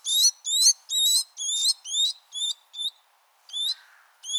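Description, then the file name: Great tit calls, a series of short high hooked notes in quick succession, growing fainter, then a pause and two more notes. "Parus major"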